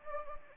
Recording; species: mosquito wingbeat signal from an infrared sensor; Anopheles gambiae